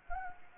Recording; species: mosquito wingbeat signal from an infrared sensor; Anopheles gambiae